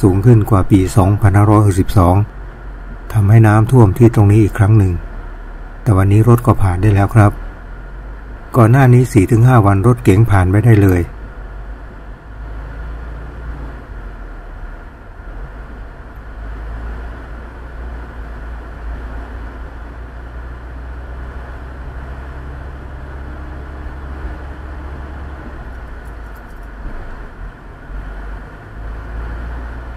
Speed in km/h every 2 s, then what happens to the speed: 4, 6, 6, 6, 8, 7, 7, 7, 9, 8, 8, 10, 10, 12, 16.
0-19 steady at about 7. 19-30 speeds up to 16.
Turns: none.